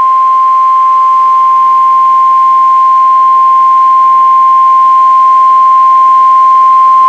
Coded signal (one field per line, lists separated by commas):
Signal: Emergency Alert System (SAME) tones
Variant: 1050 Hz attention tone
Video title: Real NOAA Weather Radio EAS Alert #85